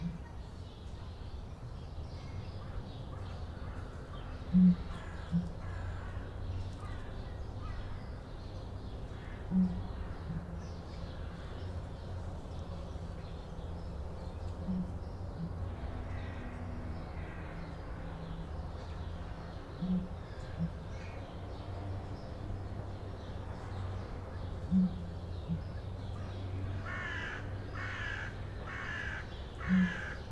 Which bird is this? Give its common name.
Southern Ground Hornbill